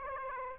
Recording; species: mosquito wingbeat signal from an infrared sensor; Aedes aegypti